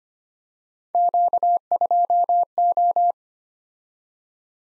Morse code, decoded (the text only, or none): Q2O